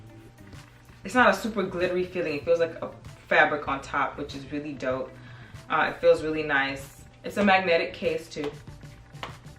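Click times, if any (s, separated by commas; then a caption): 9.2 s. Someone talks while handling a fabric-covered Dose of Colors collaboration eyeshadow palette with a magnetic case. At 9.2 s the magnetic lid closes and snaps shut against the case with a short, sharp snap.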